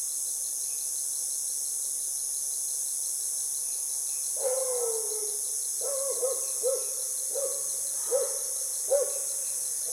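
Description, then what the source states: Frog calls, short notes with harmonics repeated in a loose series, one drawn-out descending note first, over a constant high-pitched background drone. Recorded 9 March 2021 in the evening.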